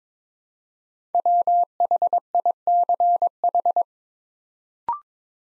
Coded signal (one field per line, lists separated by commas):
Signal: Morse code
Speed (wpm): 22 wpm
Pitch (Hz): 700 Hz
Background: none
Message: WHICH